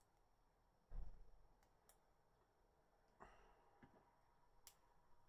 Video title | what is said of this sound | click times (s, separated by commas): 3rd party GUNDAM RX-93 NU metal painted the easy way | clicks into place. It's not as satisfying as the other pieces in the | 4.7 s